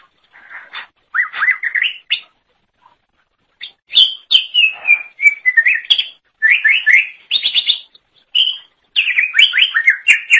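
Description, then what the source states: Leafbird song of quick, repeated slurred whistles and chirps in dense phrases, with a short quiet spell near the start. Cucak ijo song.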